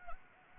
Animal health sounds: mosquito wingbeat signal from an infrared sensor; Anopheles gambiae

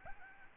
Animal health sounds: mosquito wingbeat signal from an infrared sensor; Aedes albopictus

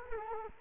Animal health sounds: mosquito wingbeat signal from an infrared sensor; Culex quinquefasciatus

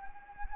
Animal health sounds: mosquito wingbeat signal from an infrared sensor; Anopheles gambiae

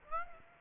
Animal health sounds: mosquito wingbeat signal from an infrared sensor; Aedes aegypti

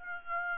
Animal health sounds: mosquito wingbeat signal from an infrared sensor; Aedes aegypti

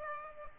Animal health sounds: mosquito wingbeat signal from an infrared sensor; Aedes aegypti

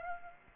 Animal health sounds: mosquito wingbeat signal from an infrared sensor; Aedes aegypti

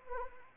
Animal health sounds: mosquito wingbeat signal from an infrared sensor; Anopheles arabiensis

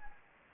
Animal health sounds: mosquito wingbeat signal from an infrared sensor; Anopheles arabiensis

